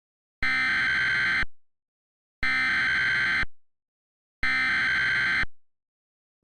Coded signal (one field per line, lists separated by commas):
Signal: Emergency Alert System (SAME) tones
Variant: header bursts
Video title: EAS Mock | Flash Flood Warning (Alabama)